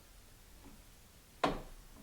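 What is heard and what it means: A screw is turned backwards in a plastic thread hole of a Viking Quilt Designer II sewing machine housing, and it drops into the existing cut threads with a single sharp click at 1.4 s. The click stands out clearly against a quiet background, and the screw is seated in the original threads, ready to be driven in.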